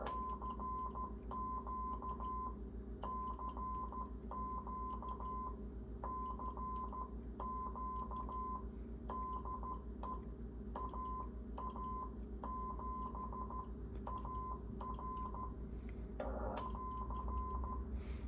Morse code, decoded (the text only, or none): CQ CQ CQ DE AA7AR <AR>